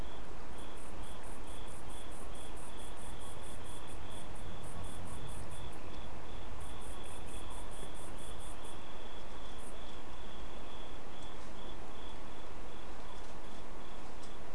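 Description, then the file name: Insect stridulation: rapid high chirping trains for about the first nine seconds, then only a few fainter bursts, over a steady pulsed whining tone and background hiss. "mainly insect"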